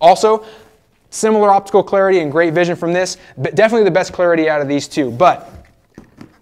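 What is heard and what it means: Someone talks for most of the clip while a motorcycle helmet's face shield (visor) is handled, being lowered toward its lower detent position on the helmet shell. After the talking stops, two faint, brief handling sounds come at about 6.0 and 6.2 seconds. The clip ends before the shield pops in, so nothing has seated or clicked yet.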